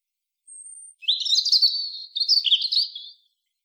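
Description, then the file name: European robin singing: a long thin high whistle, then a jumbled run of sweet twittering notes lasting about two seconds. The background is quiet. "Erithacus rubecula"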